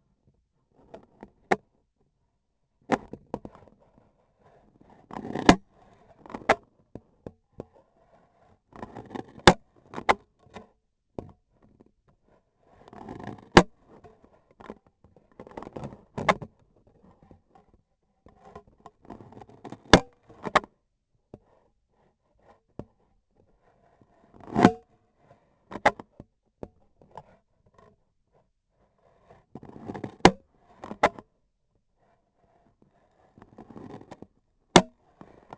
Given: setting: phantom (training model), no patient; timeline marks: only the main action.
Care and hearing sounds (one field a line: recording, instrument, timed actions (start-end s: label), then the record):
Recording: laparoscopic instrument, vibration sensor on the handle end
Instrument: scissors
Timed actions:
4.92-5.68 s: cutting foam
8.63-9.73 s: cutting foam
12.57-13.71 s: cutting foam
16.03-16.58 s: cutting foam
19.62-20.17 s: cutting foam
24.04-25.13 s: cutting foam
29.97-30.52 s: cutting foam
33.47-35.08 s: cutting foam
From the record:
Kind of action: gesture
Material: foam